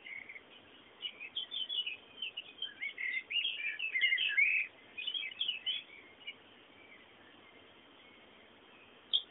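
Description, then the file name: Bird singing, a jumble of high twittering and warbled notes for several seconds over a steady background hiss, then quieting. "fondo pajaros"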